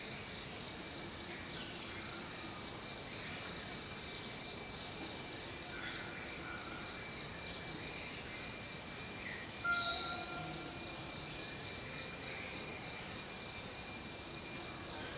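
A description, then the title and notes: Nature ambience with a steady, high insect drone running throughout, like crickets, at a constant level. Scattered short bird chirps and whistles come through, with a slightly louder call near ten seconds and another around twelve. Refreshing Nature Ambience with Birds Sounds.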